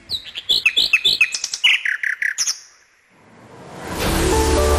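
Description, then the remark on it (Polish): Outside a radio studio at the edge of a forest in Poland, a bird sings a quick series of bright, high chirps and warbling notes, some sliding downward, for a few seconds, then falls silent as a broad rushing noise swells up and holds steady. “Dzień dobry, ptaki ze wschodu witają ptaki z północy oraz ze Śródmieścia.”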